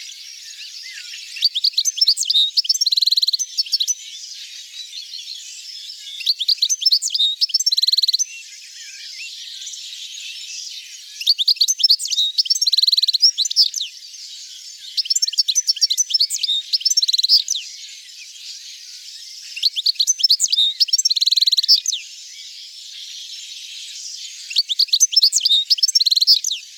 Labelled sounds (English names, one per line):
European Goldfinch song